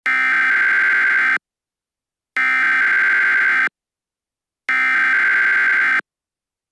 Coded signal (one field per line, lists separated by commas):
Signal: Emergency Alert System (SAME) tones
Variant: header bursts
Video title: SCP EAS